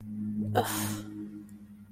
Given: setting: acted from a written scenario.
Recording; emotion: vocal sound without words; contempt